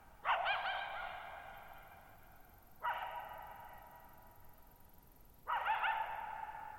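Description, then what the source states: Coyote giving three barking calls with quavering yips, each followed by a long reverberant fade; a faint high tone hangs above. Lone coyote at night, July 14, 2019, Thirtymile Meadows, Okanogan National Forest (Okanogan High Country), Pacific Northwest, 6400 ft; tall mountains on a high, mostly dry plateau, shallow bowl-shaped meadows, boggy ground.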